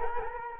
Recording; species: mosquito wingbeat signal from an infrared sensor; Culex quinquefasciatus